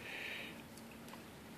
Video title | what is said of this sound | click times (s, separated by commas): Viking Aircraft Engines Valve Adjustment Viking Aircraft Engine for sport type aircraft | tighten until it clicks. Okay. And I'm there. | 0.8 s